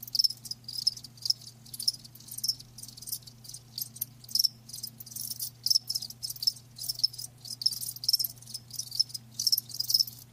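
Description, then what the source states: Crickets chirping in a dense high-pitched chorus, with short bright pulses repeating irregularly over a steady low hum. Live crickets chirping, a lulling song.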